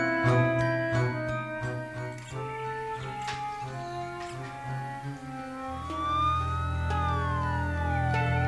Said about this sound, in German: Der Krankenwagen kam und Mr. Blake wurde sofort in die Klinik gebracht.